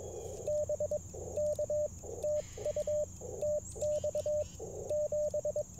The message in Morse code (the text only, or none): BK TU TX 7